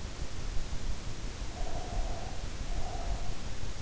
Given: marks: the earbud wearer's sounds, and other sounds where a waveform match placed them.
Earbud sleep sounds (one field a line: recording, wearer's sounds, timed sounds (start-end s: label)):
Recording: sounds in sleep by an in-ear microphone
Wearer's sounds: breath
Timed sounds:
1.55-3.47 s: breath